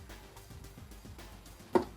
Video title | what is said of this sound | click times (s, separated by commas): G.I. Joe Classified HASLAB H.I.S.S. TANK Review #hasbro #gijoeclassified #reseñadefigurasdeaccion | there is that click that you heard is the the the the little eh peg that it has | 1.8 s